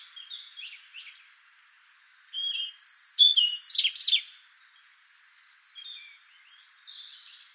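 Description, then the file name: European robin giving soft, high notes, then a loud cascade of sharp, varied, tinkling notes before fading back to quiet, thin twitters. "Erithacus rubecula"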